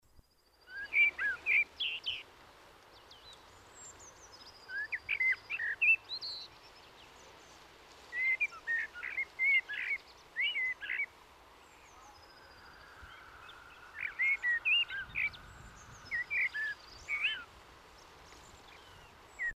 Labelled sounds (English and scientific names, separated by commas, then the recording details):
Common Blackbird (Turdus merula) song, Eurasian Blue Tit (Cyanistes caeruleus)
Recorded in the wild
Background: Cyanistes caeruleus
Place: Kaiserslautern, Rheinland-Pfalz, DE
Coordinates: 49.4283, 7.77889
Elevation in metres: 279
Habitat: garden
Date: 1977-03-06
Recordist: Tretzel, Erwin
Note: Garten, gegen Straße, Kaiserslautern: Gesang